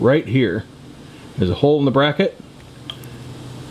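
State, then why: Seated. Someone talks while the push-in tab on the zip tie holding the cable of a Yamaha OEM quickshifter on an FZ09/FJ09 motorcycle is pressed into a hole in the metal bracket. A sharp snap at 2.9 s, followed by a fainter tick, marks the anchor seating in the bracket.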